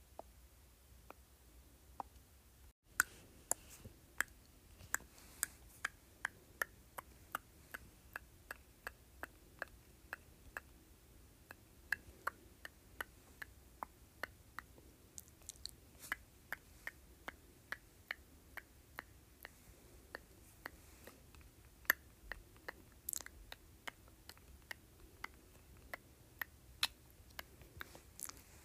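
Crisp tongue clicks pop out one after another at an uneven but frequent pace, with a faint low hum underneath.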